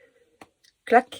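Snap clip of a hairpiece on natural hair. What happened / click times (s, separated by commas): A small snap clip pops open / 0.4 s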